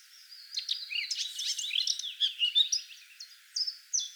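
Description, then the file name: Eurasian blackcap song, a rambling mix of chirps and slurred whistles ending in a few separate high, clear notes. "Sylvia atricapilla"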